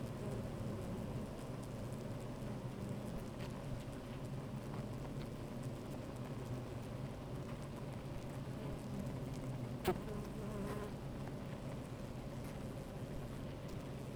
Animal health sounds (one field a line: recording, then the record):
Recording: honeybee colony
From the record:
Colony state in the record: active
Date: 28 July 2017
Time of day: 13:21